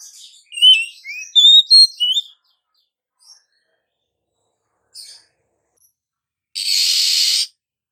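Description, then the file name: Oriental magpie-robin giving quick, high whistled chirps and short rising slurs in a busy two-second burst, then a few faint notes and a brief harsh, rasping buzz. Female; therapy sound to prompt singing. "Suara Terapi Kacer Betina"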